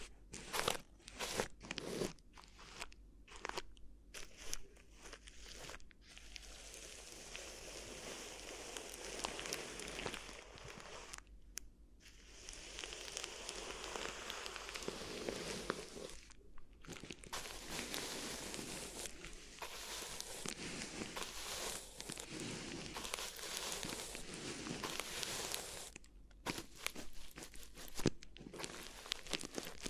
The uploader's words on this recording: ASMR Addictive Crinkly Ear Massage (No Talking).